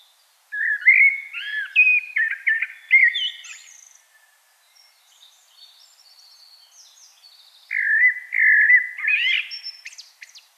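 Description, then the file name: Common blackbird song: full, fluting whistles building into a squeaky high tail, soft twittering, then a fresh mellow phrase and sharp high notes. "Turdus merula"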